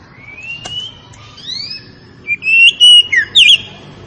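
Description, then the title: Oriental magpie-robin song: soft, drawn-out thin whistles sliding upward, followed by a louder run of clear whistled and twisting notes. Tretes variety of oriental magpie-robin, described as in full, active song (gacor). "Kacer Tretes Gacor"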